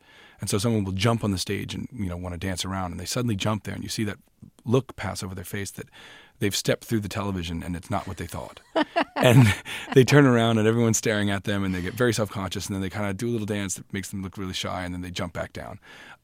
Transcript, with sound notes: And so someone will jump on the stage and, you know, want to dance around. And they suddenly jump there, and you see that look pass over their face that they've stepped through the television and it's not what they thought.
(LAUGHTER)
And they turn around and everyone's staring at them. And they get very self-conscious and then they kind of do a little dance that makes them really shy and then they jump back down.